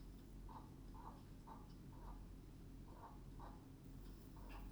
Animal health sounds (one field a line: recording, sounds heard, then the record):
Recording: poultry house recording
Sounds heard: healthy chickens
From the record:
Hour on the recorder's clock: 21